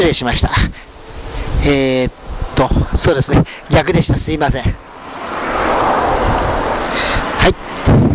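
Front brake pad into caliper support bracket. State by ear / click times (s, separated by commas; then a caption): not seated / none. Someone talks while handling a front brake pad with a metal backing plate and spring clip, after turning it the correct way round, to fit it into the caliper support bracket of a Daihatsu Mira Gino L700S. Short handling knocks and a steady broadband rushing noise are heard. The pad has not seated or clicked into the bracket yet.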